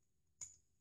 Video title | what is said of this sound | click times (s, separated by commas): Beyblade Burst : XCALIBUR HERCULES ECLIPSE ORICHALCUM Random Layer Unboxing (ReUpload) | voilà là on a entendu clic et là ça bouge plus donc | 0.4 s